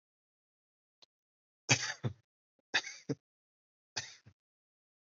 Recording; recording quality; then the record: heavy voluntary cough; excellent, no background noise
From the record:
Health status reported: COVID-19 positive, mild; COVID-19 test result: positive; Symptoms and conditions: sore throat, fever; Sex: male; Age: 23 years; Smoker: not ticked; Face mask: not worn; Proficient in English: yes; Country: India